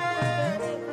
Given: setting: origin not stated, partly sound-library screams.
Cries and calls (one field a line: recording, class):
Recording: one-second piece from a danger detection set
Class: normal situation